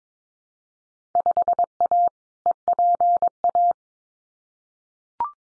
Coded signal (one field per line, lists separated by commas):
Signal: Morse code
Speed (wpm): 22 wpm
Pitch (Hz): 700 Hz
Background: none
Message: 5A EPA